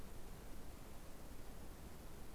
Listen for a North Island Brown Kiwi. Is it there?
no